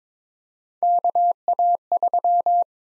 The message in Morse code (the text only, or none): KA3